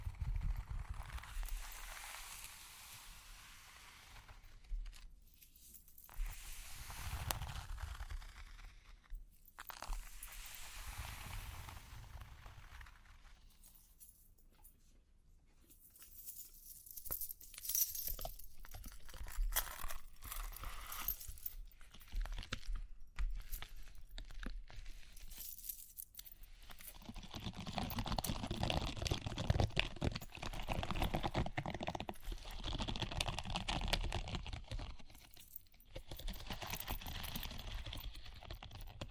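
Tapping and scratching come in irregular bursts of quick, dry clicks, with short quiet gaps around 6, 9 and 14 seconds. From about 27 seconds the sound grows louder and denser, a steady rustling scratch with a brighter, jingling edge that continues to the end.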